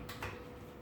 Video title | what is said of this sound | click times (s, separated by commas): Net Florence Model Foodie Vlogs Episode 10 | you hear the click you're ready to go | 0.1 s, 0.2 s